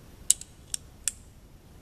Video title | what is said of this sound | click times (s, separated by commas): S&W 6906 Field Strip | sometimes you think you got it in but you don't so you got to listen for that click | 0.3 s